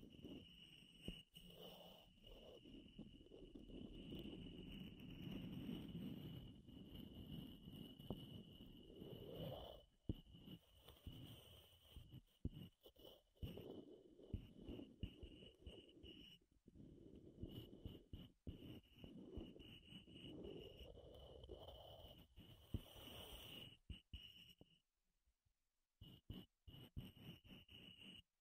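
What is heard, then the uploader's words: Wood triggers: dense scraping and rubbing with many quick taps and clicks, strongest through the low and middle range and swelling and easing in waves. A thin, steady high whine runs underneath throughout, and the sound drops almost to silence around 24 to 27 seconds. ASMR Wood Triggers in Your Ears (No Talking).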